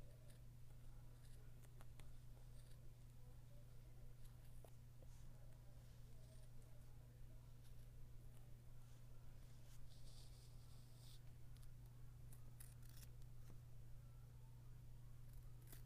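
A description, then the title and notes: Tape and scissors: scattered sharp snips and crinkly bursts, busiest around ten and thirteen seconds, over a constant low hum. Tape and scissors.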